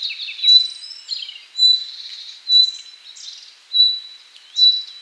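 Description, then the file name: Common nightingale song: steady whistled notes interspersed with varied twittering phrases. "Luscinia megarhynchos"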